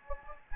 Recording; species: mosquito wingbeat signal from an infrared sensor; Anopheles gambiae